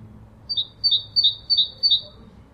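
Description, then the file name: Great tit song: five clear two-note phrases, a high note dropping to a lower one, repeated evenly about every third of a second over faint low background hum. "Parus major"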